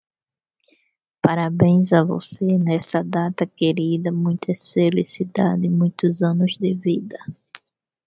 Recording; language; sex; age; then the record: short text; Brazilian Portuguese; female; 30 to 39 years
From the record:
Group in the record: control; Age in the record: 35 years